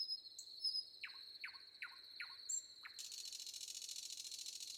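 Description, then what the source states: Common nightingale song: a series of loud descending notes, then a harsh buzzy rattle, with a steady cricket trill behind. Recorded with wind and crickets.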